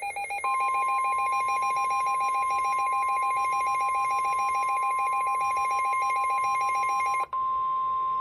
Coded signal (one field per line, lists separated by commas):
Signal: Emergency Alert System (SAME) tones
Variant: 1050 Hz attention tone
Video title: A Rude Awakening - EAS Alerts from 4/3/25 || EAS 1,688-1,700